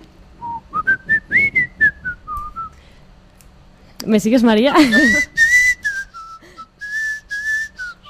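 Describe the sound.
Someone whistles a melody in clear, high notes that rise and glide between pitches. A short spoken question breaks in midway, then the whistled tune picks up again.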